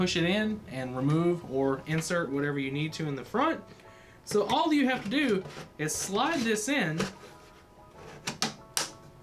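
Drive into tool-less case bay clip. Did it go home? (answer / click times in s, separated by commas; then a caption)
yes / 8.4 s, 8.8 s. Someone talks while a drive is slid into a PC case's tool-less front bay, with a plastic clip holding it. Sharp snaps are heard at 8.4 s and 8.8 s as the clip snaps the drive in place, and the drive is seated firmly with no screws needed.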